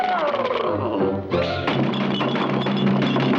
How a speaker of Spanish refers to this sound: ¡Lechero, no hagas ruido con esas botellas!